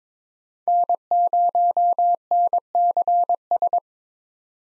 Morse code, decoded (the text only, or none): N0NCS